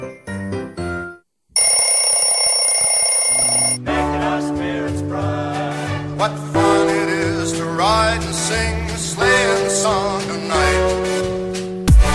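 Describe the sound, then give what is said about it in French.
An alarm clock rings with a loud, steady, high electronic tone for about two seconds, opening the show Le Coup de Boost on Studek Web, then cuts off as upbeat music with a heavy bass line takes over. “Allez, faut se lever, c'est l'heure du coup de boost. Le deuxième réveil de la journée.”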